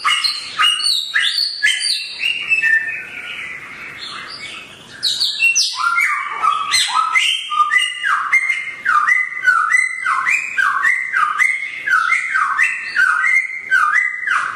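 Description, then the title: Songbird pouring out fast chattering phrases of stepped, rising and falling notes, dipping quieter midway before resuming strongly. Songbird named Samyong, titled as worth 1 milyar, described as singing actively (gacor) with piercing volume (volume tembus). "SAMYONG 1 MILYAR GACOR VOLUME TEMBUS [Burung Kicau"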